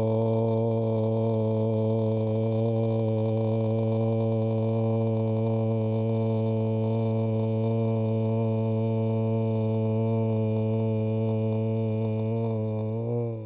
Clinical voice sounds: sustained vowel /o/; male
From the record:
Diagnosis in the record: Parkinson's disease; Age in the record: 70 years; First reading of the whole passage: 65 s, 7.9 characters per second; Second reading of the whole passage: 60 s, 8.6 characters per second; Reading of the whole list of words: 48 s, 5.8 characters per second

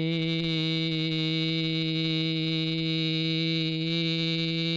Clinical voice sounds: sustained vowel /i/; male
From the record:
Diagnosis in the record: Parkinson's disease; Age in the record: 75 years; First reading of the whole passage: 62 s, 8.3 characters per second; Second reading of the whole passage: 57 s, 9.2 characters per second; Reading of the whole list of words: 53 s, 5.3 characters per second

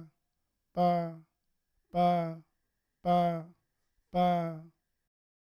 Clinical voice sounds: repeated syllable /pa/; male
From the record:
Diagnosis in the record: Parkinson's disease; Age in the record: 71 years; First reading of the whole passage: 60 s, 8.7 characters per second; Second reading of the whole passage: 57 s, 9.1 characters per second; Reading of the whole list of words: 54 s, 5.3 characters per second

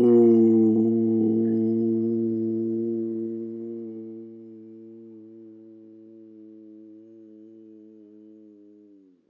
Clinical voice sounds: sustained vowel /u/; male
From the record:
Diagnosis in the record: healthy control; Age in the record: 68 years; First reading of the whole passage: 59 s, 8.7 characters per second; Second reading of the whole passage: 51 s, 9.9 characters per second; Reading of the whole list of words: 42 s, 6.7 characters per second

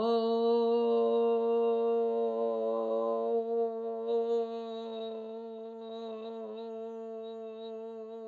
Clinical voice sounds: sustained vowel /o/; female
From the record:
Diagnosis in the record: healthy control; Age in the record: 70 years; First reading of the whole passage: 149 s, 3.0 characters per second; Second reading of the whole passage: 105 s, 4.4 characters per second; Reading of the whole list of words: 65 s, 4.0 characters per second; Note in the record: marked for poor recording quality or reading difficulty

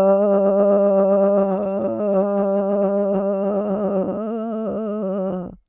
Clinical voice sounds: sustained vowel /o/; female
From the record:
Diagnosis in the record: Parkinson's disease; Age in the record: 65 years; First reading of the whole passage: 242 s, 2.1 characters per second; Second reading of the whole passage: 180 s, 2.9 characters per second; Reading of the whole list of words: 168 s, 1.7 characters per second

